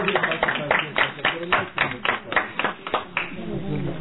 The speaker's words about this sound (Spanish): Un aplauso para nuestro amigo.